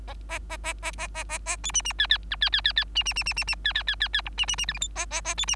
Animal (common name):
Bengalese Finch